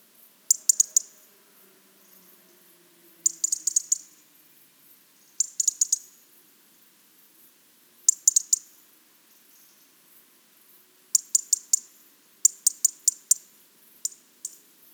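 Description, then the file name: European robin repeatedly ticking, short bright click bursts returning every few seconds, coming closer together near the end. "Erithacus rubecula"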